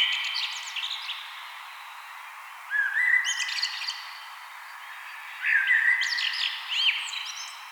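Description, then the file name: Common blackbird with high squeaky notes at first, then two full warbled phrases, each a low whistle rising into high twittering. "Turdus merula"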